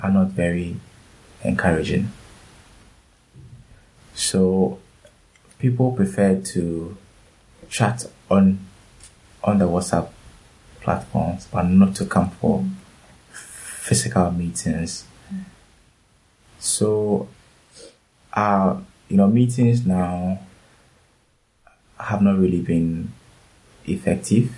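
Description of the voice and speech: A low-pitched adult man who stammers speaks in short bursts broken by frequent silent pauses of up to about two seconds, with drawn-out vowels and a held consonant. This fits stuttering, with blocks and prolongations interrupting otherwise clear speech.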